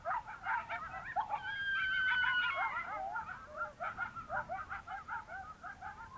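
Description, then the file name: Coyotes in a chorus: rapid, overlapping yips and wavering howls, with a couple of long, sliding wails in the middle. Several coyotes at Usery Park, Arizona. "coyotes usarypark az"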